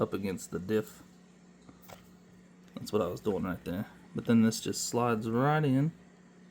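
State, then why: Not seated. While fitting a replacement differential in a Granite Grom RC truck, a plastic part is slid into the gearbox housing after a side washer is pushed back up against the diff, as someone talks. Only faint brief handling taps are heard between the speech, and nothing has seated or clicked yet.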